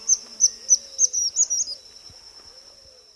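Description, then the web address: White-throated kingbird calling in a quick series of sharp, high, thin notes, then fading, with a steady high insect drone behind. Recorded in the eastern lowlands of South America. "Natures Songs S America Eastern Lowlands. White-throated Kingbird"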